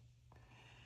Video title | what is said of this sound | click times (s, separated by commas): How to Crimp ANY Wire Terminal - Battery Lugs + Quick Change Kit Test - iCrimp | that in and you slide it in until it clicks. | 0.3 s